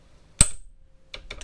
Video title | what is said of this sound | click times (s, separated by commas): ROADLOK brake disc lock - review and installation | iar acum, când miști puțin roata, face clic, așa că | 0.4 s